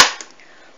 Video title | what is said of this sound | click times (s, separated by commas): Glutenfreie Nudeln mit Tomatensoße, vegan | schließen einrasten lassen unter | 0.0 s